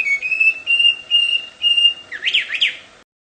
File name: audio kicauan burung hwamei di alam liar. omkicau